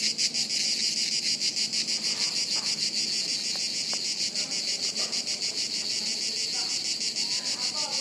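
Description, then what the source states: Cicadas droning together in a loud high buzz, pulsing rapidly and evenly; a few faint soft sounds lie underneath. Chorus of cicadas high in the trees overhead, woods near Sirolo, Italy, hot afternoon, August 23.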